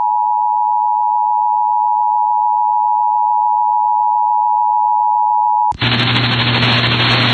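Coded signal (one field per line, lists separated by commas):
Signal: Emergency Alert System (SAME) tones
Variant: 853 and 960 Hz attention tone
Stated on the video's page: Winter Storm Warning SAME header from NOAA Weather Radio WXJ25 as relayed by KINY.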